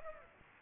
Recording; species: mosquito wingbeat signal from an infrared sensor; Aedes aegypti